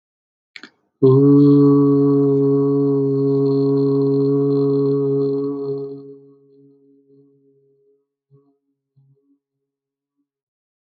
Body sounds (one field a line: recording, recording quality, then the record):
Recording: sustained vowel as in boot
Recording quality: excellent, no background noise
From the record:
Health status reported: healthy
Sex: male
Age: 25 years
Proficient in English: yes